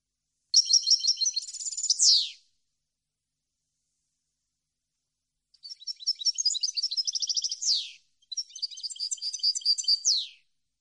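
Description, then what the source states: European goldfinch song in three phrases separated by silence, each a rapid jangle of high twittering notes ending in a sharp downward slur. Clean goldfinch song, for birds to copy in song training.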